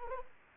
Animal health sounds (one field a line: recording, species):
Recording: mosquito wingbeat signal from an infrared sensor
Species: Anopheles arabiensis